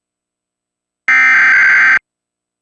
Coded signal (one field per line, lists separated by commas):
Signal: Emergency Alert System (SAME) tones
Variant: header bursts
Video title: Emergency Alert System - Required Monthly Test.